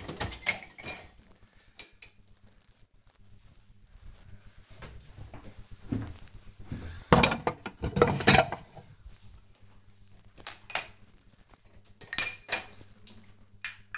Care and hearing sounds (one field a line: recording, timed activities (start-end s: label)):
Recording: household activities, microphone on the right wrist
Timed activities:
0.00-13.98 s: cleaning out the dishwasher